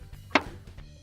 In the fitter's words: twisting it until it snaps into place there